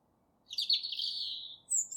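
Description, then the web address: European robin song: one thin, high note drawn out and gently falling, followed by a brief, very high whistle. "fugl r-hals"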